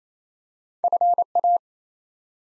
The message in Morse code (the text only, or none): FA